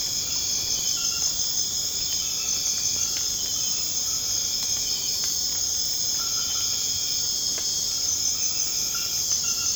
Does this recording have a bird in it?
no